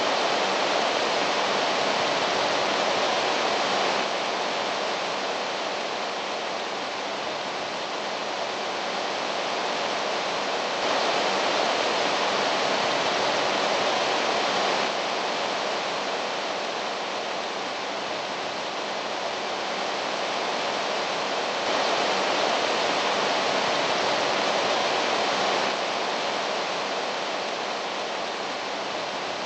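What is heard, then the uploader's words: A waterfall roars steadily and densely, a bright hissing rush with a low rumble underneath, swelling slightly every few seconds without pause. Waterfall.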